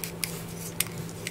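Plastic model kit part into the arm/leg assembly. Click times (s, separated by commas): 0.2 s, 0.8 s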